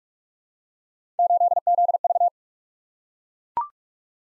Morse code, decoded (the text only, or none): 8ZV